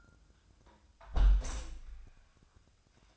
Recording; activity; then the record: daily activity, microphone in the room; close window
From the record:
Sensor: 2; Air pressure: 1004.5 hPa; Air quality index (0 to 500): 95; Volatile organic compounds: 2 ppm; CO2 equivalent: 1135 ppm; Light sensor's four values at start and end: 6/15/6/6 and 6/14/5/6